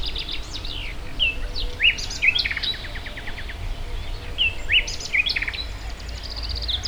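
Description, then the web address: Birds calling: a busy mix of short chirps, sharp downslurred notes and quick trills from several birds, over a steady low background rumble. Hortobágy fishponds, Hungary, 2014; diverse birdlife in nature, recorded at the inner terminal station of the narrow-gauge railway. "kisvasut hortobagyihalastavak 2014 termeszet sokszinumadarvilag belsovegallomas"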